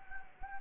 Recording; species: mosquito wingbeat signal from an infrared sensor; Anopheles gambiae